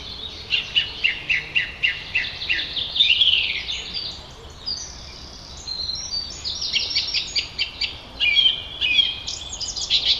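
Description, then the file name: Song thrush song opening with a sharp note repeated about eight times, followed by varied whistled and chattering phrases, some also repeated, with a light hiss behind. "Turdus philomelos - Song Trush"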